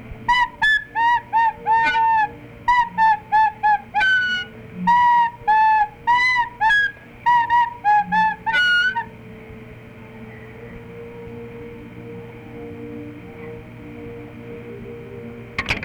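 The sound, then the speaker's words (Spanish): A flute plays a simple, bright melody of short, repeated notes in brief phrases, then stops partway through, leaving only a low steady hum. “es la primera que aprendió en flauta, que se llama Ya lloviendo está.”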